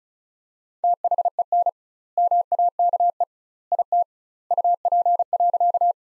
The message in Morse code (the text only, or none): THEN MAKE IT UP.